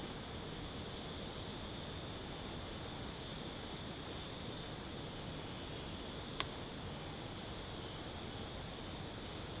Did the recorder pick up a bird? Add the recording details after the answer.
no. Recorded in secondary vegetation near Puerto Asís, Putumayo, Colombia, on 22 December 2024 at 23:30. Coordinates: 0.489, -76.322. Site G059